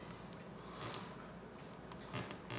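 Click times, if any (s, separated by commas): none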